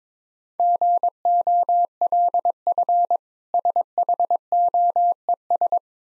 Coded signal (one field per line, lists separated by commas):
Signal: Morse code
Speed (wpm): 22 wpm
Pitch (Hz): 700 Hz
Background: none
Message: GOLF SHOES